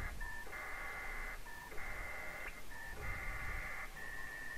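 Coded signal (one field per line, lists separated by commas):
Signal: HF data modem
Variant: PACTOR-III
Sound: rhythmic bursts of dense buzzing multi-tone data, broken by short steady beeps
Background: radio static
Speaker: of coverage works very well busy busy they are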